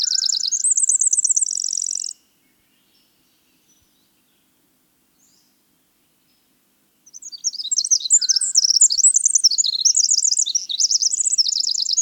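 Winter wren with the tail of a song, a rolling high trill, then roughly five seconds of silence before a new cascade of rapid, tinkling notes.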